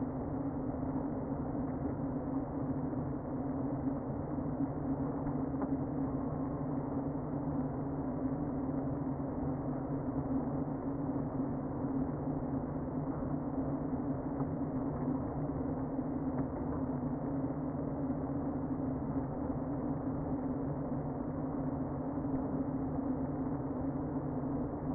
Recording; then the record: honeybee colony, microphone inside the hive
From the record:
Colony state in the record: queen present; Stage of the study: before two queens were removed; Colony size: about 60,000 bees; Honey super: yes